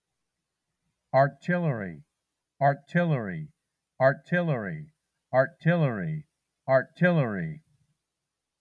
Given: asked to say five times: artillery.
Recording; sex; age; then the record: repeated word; male; 50 to 59 years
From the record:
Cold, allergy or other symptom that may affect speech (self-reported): no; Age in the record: 57 years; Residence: North Carolina, United States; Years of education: 21